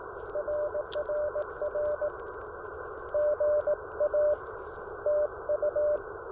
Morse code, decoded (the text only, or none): RRR GA TU